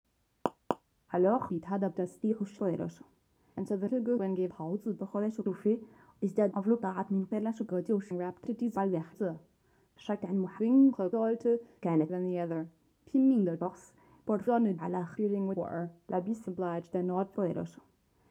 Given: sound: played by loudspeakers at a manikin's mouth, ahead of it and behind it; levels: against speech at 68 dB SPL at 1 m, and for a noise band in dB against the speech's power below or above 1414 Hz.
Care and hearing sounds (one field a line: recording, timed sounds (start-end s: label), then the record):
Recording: test signals for a remote microphone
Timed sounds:
0.46 s: click
0.71 s: click
1.08-18.31 s: speech test signal (ISTS)
From the record:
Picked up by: measurement microphone